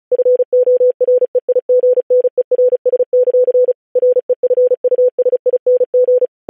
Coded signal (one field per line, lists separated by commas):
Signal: Morse code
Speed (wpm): 36 wpm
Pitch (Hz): 500 Hz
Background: none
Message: FOREIGNERS; REFUSING